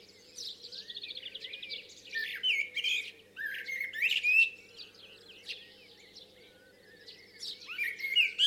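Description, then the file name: Common blackbird song: several short fluted phrases with scratchy high endings, separated by brief pauses. "Turdus merula"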